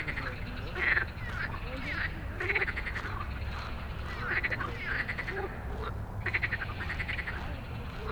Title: Stromovka Park, Prague - Frog concert at Stromovka after dark